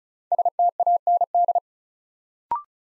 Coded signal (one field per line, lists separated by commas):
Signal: Morse code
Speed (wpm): 36 wpm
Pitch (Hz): 700 Hz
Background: none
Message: STAND